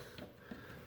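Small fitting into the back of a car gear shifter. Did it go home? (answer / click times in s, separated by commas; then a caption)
yes / 0.2 s. A small fitting is pushed into a little hole at the back of the gear shifter during an upholstery and dash installation on a 1969 Mustang Convertible. A short, sharp click at 0.2 s stands out over a low, steady background hum as the part pops right into place, fully seated.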